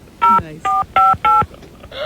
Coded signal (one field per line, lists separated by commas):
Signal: DTMF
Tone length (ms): 190 ms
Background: speech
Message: 0458